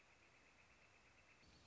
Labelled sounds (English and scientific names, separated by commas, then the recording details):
Northern Flicker (Colaptes auratus)
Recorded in Sonoma County, California